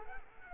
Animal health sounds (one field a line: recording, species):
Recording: mosquito wingbeat signal from an infrared sensor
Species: Culex quinquefasciatus